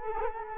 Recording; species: mosquito wingbeat signal from an infrared sensor; Culex quinquefasciatus